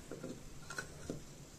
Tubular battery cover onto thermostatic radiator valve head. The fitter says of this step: over the top and clicks back in place